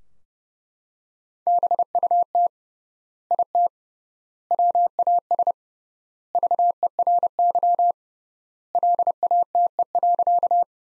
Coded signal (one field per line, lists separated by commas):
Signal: Morse code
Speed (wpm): 30 wpm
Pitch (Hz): 700 Hz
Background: none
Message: BUT IT WAS VERY LATE.